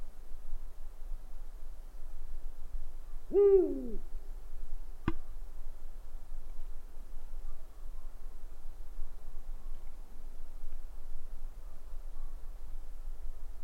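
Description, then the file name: Owl sounding one short, slightly falling hoot early on, then a sharp click, with low steady hum throughout. "gufo"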